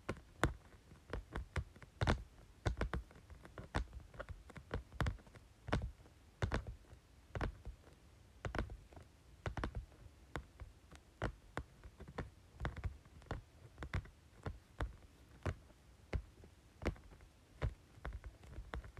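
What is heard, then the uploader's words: Fingers tap on a folder in quick, uneven bursts for the whole stretch, each tap a sharp crisp click with a soft low thud underneath. The taps crowd together near the start, then keep coming at a looser, irregular pace over a faint steady hum. Tapping Folder.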